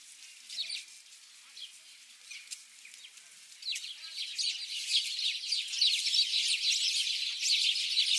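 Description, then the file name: House sparrow chirps, sparse and quiet at first, then swelling after about four seconds into a busy, overlapping chatter of many birds. "Passer domesticus"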